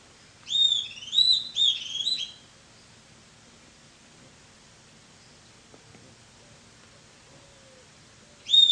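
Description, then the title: Bird song: three quick slurred whistled phrases at the start, then a long silence before another whistle begins at the very end. "LuckyPassaro Completos2Sama"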